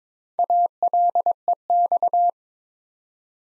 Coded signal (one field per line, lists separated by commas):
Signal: Morse code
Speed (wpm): 22 wpm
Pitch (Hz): 700 Hz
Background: none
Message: ALEX